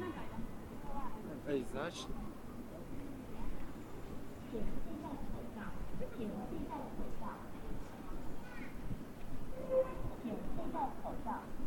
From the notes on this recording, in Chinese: 成都春熙路